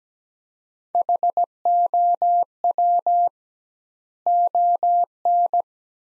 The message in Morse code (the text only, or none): HOW ON